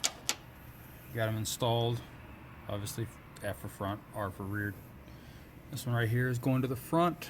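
An axle breather line for a Nissan Patrol's front axle is handled at its compression fitting on the breather block while someone talks. Two short sharp ticks come at 0.1 s and 0.3 s before the speech. Nothing has seated or clicked yet.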